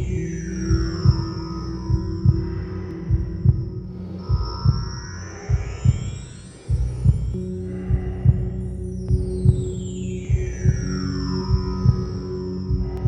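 Steady, muffled low thumps repeat about 50 times a minute under a soft whooshing hum, while gliding chime-like bell tones sweep over the top. This is a soothing womb heartbeat that imitates the mother's heartbeat as heard inside the womb.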